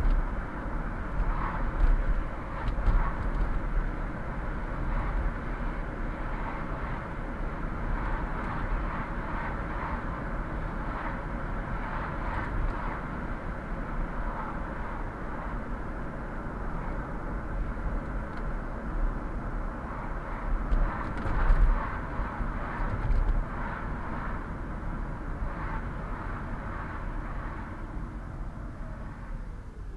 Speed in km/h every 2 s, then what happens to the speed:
46, 47, 48, 49, 49, 50, 49, 50, 51, 48, 46, 42, 39, 33, 24.
0-17 steady at about 49. 17-28 slows to 24.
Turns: none.